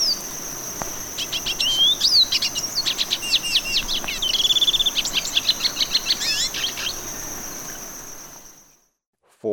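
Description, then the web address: Olivaceous Siskin song: fast, high twittering with buzzy trilled runs, over a steady high insect whine, fading out near the end. Recorded in Ecuador. "Natures Songs S America Birds of Ecuador Olivaceous Siskin"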